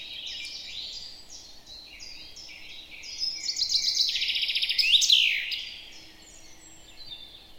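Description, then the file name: Common chaffinch song: a fast trill of repeated notes ending in a bright terminal flourish, after scattered high chirps. "Fringilla coelebs"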